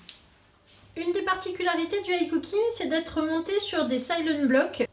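The mixing bowl of a Guy Demarle i-Cook'in connected multifunction kitchen robot is set on the motor base in line with the small arrows and turned to lock. One sharp click is heard at 0.1 s, followed by someone talking. The bowl is properly locked into the base.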